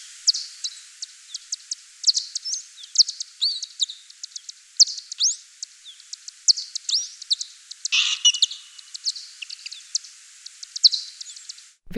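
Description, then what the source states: Bat giving rapid staccato ticks and brief sweeping pulses in dense bursts, with a broader rough burst partway through, over low background hiss. Played recording, very staccato; opens with very short tick-like echolocation pulses separated by gaps, during which the bat receives returning echoes used to see before the next pulse.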